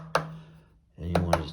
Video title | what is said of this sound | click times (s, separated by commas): LC2600 Installation How To | everything's smooth until you get to the end here, and then when it gets to be tight, you hear that click, | 0.2 s